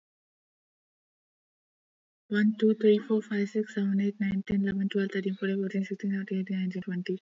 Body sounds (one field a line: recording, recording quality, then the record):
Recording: counting at a fast pace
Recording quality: excellent, no background noise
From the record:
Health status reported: exposed to COVID-19, no respiratory illness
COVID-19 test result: negative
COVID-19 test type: RT-PCR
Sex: female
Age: 22 years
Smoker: no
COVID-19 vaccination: one dose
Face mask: not worn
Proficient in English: yes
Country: India